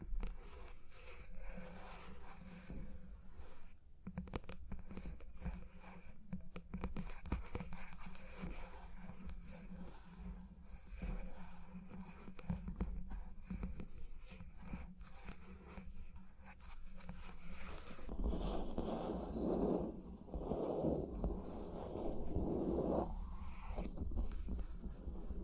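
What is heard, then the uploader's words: Tapping and scratching sounds over a steady low hum that runs throughout. Sharp clicks cluster around four to seven seconds, and from about eighteen seconds, bursts of fuller scraping and rubbing rise and fall in waves until the end. Tapping and Scratching (No Talking).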